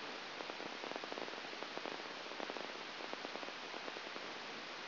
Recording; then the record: brain microelectrode recording played as sound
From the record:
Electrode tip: outside the subthalamic nucleus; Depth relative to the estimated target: -5 mm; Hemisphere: right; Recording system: AlphaMap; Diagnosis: Parkinson's disease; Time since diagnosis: 7 years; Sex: female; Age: 49 years